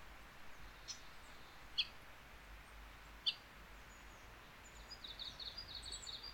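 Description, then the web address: Bird calls: scattered brief high chirps at irregular intervals, then a rapid series of very high twittering notes near the end, with soft environmental hiss throughout. Wild bird, 27 August 2019. "yacho koe 190827"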